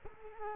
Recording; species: mosquito wingbeat signal from an infrared sensor; Culex quinquefasciatus